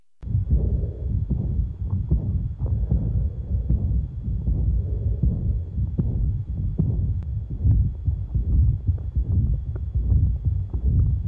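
Adult heart by stethoscope, about 76 beats per minute. Aortic regurgitation murmur heard at the lower left sternal border and at the cardiac apex. At the apex there is a delay after the second heart sound before the murmur begins, making it mid-diastolic: the Austin Flint rumble. No opening snap is heard.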